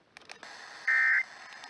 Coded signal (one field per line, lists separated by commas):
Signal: Emergency Alert System (SAME) tones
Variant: end-of-message bursts